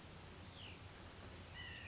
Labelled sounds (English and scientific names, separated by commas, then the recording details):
White-breasted Nuthatch (Sitta carolinensis)
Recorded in Sonoma County, California